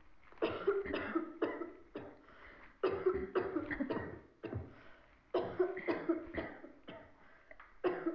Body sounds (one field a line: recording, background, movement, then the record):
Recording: throat clearing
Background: a bystander coughing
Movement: sitting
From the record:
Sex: female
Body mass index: 25.5 kg/m2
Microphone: on the chest, facing the body